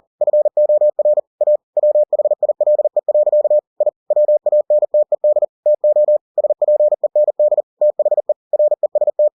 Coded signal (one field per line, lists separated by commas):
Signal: Morse code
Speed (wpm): 40 wpm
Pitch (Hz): 600 Hz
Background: none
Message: FOR A WHILE. I WANTED TO SPEND THE REST